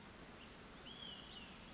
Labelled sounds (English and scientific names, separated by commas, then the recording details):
Olive-sided Flycatcher (Contopus cooperi)
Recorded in Sonoma County, California